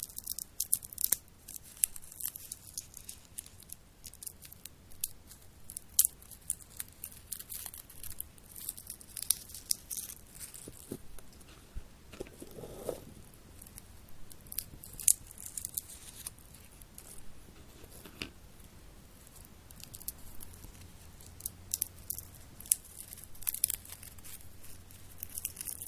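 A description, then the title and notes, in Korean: Peanuts are eaten with dense, irregular crisp crunches and crackles throughout, some sharper snaps standing out, over a faint low hum. 땅콩을 먹어볼게요. 오도독오도독.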